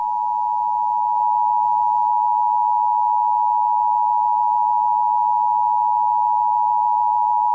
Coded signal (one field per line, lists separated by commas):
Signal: Emergency Alert System (SAME) tones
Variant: 853 and 960 Hz attention tone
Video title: (EAS #13) The Broadcast